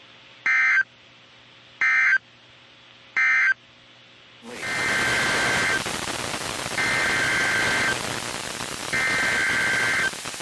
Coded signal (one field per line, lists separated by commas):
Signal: Emergency Alert System (SAME) tones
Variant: header bursts